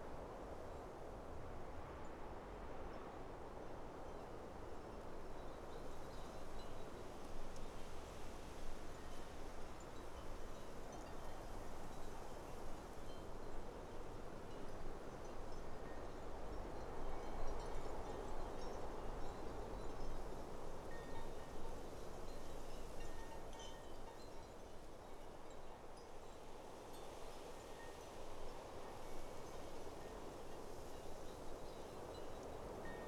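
Wind blows steadily on top of a mountain, a dense, unbroken rush with a heavy low rumble that swells slightly around the middle. Faint, thin ringing tones, like chimes, drift in and out above the wind throughout.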